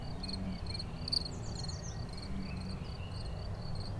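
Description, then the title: Cricket song of rapid pulsed chirps in a steady rhythm, accompanied by faint high sliding whistles and constant low-frequency rumble underneath. A single cricket, among the season's first crickets, which have been calling intermittently for a few days; recorded in Chindrieux, France. "Chindrieux, France - grillon seul"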